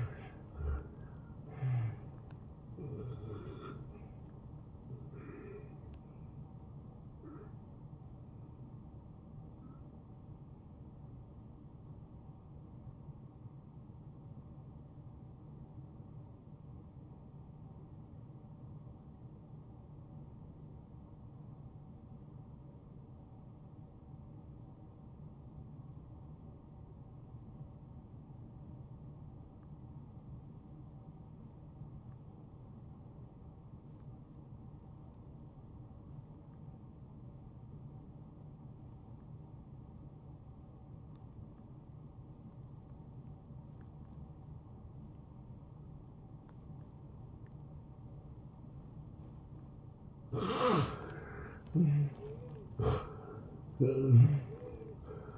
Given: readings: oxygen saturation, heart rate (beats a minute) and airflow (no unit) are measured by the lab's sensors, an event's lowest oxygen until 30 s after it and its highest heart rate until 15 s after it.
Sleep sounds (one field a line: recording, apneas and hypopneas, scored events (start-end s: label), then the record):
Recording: breathing in sleep by a smartphone at the bedside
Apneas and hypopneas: 1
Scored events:
15.00-50.70 s: obstructive apnea (N1, oxygen 95% highest, then 81% lowest)
From the record:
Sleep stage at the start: N1 (lightest sleep)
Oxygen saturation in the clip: 82 to 95%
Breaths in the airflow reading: 4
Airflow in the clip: -20.8 to 11.2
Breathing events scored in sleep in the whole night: 263 in 5.5 hours asleep